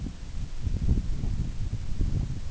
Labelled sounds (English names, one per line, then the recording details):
none
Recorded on Arctic tundra, site NAIT-1, on 24 June 2019
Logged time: 04:00